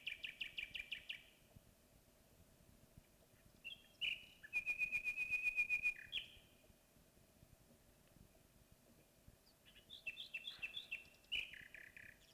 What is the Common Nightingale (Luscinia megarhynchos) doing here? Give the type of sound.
song